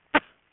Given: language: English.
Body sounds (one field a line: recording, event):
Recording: throat vibration sensor signal played as sound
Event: cough